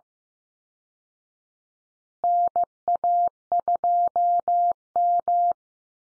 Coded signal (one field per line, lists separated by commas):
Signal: Morse code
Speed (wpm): 15 wpm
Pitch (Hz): 700 Hz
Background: none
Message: NA2M